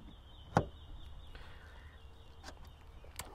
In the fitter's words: can hear it clicking so there you go it's locked in now you can unlock it through the app if you so wish